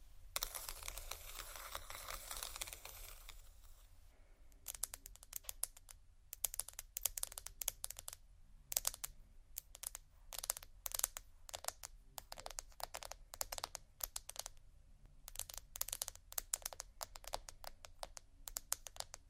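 Soft plastic crinkling for the first four seconds gives way to rapid, irregular tapping and scratching bursts over a steady low hum.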